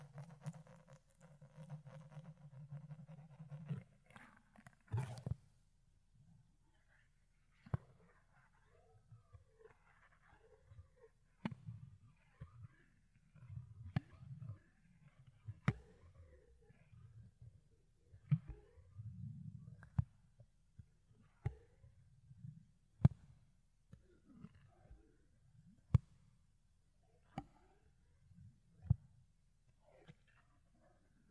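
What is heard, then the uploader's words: Muffled fluffy rubbing at the ear with low rumbling scrapes, punctuated every few seconds by sharp, crisp clicks from picking. ASMR Fluffy Ear Cleaning, Ear Picking (No Talking).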